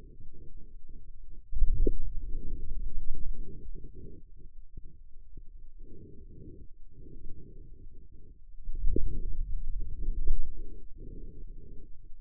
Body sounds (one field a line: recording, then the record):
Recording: forearm muscle sounds (acoustic myography)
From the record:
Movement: hand closing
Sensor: system 2, bracelet of six BSWA MPA416 microphones around the upper forearm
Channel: 5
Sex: male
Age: 22 years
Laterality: right